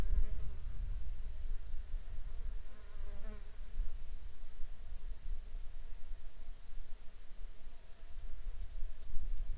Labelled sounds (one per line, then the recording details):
insects
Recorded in the Prudhoe Bay oil fields, Alaska, on 13 July 2019 at 17:43
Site 14